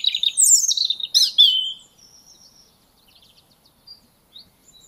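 European robin singing one rich, high, falling warbled phrase, followed by faint thin notes and near quiet.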